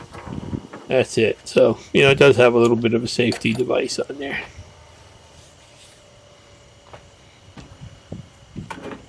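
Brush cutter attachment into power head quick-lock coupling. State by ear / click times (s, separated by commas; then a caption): not seated / none. Someone talks while handling a Milwaukee M18 Fuel Quick Lok brush cutter attachment shaft as it is brought to the quick-lock coupling of the cordless power head. After the talking stops, there is a quiet stretch with faint handling noise and a few small knocks near 8.1 and 8.7 seconds. Nothing has seated or clicked yet.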